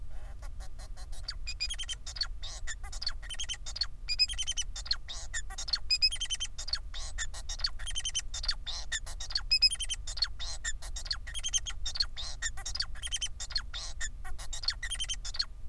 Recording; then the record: song of a male Bengalese finch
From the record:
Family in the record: son of father 4